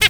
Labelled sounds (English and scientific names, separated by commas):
Zebra Finch (Taeniopygia guttata) hat call